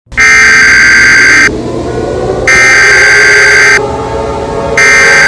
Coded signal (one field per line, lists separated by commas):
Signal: Emergency Alert System (SAME) tones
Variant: header bursts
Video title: Eas Scenario #2 Raiden Shogun